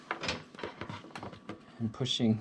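A rear camera for a Polaris Ride Command system is inserted and lined up in its mounting hole in the body panel of a Pro XP UTV before being pushed home. Only brief handling sounds are heard while someone talks. Nothing has clicked or seated yet.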